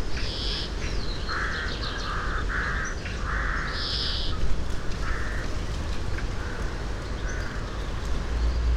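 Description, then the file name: European greenfinch calling with a series of buzzy wheezes, some high and some lower-pitched, repeated over several seconds amid a continuous low rumble. "Chloris chloris"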